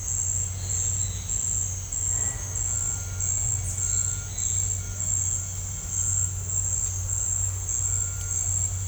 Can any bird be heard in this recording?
no